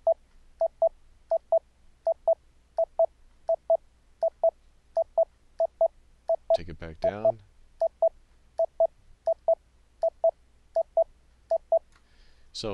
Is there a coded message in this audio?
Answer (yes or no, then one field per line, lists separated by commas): no